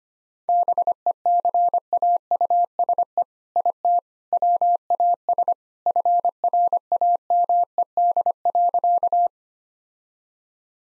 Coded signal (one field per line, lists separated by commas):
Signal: Morse code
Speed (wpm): 25 wpm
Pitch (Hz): 700 Hz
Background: none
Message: BECAUSE IT WAS FRAMED.